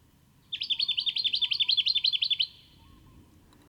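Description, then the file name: Jacky winter delivering a fast string of many clear, repeated chirps for about two seconds, then stopping. "Microeca Fascinans"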